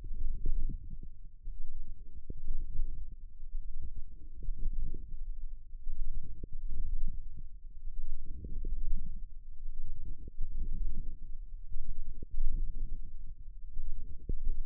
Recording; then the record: forearm muscle sounds (acoustic myography)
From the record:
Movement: wrist extension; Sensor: system 1, eight BSWA MPA416 microphones around the upper forearm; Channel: 8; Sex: female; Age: 21 years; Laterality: right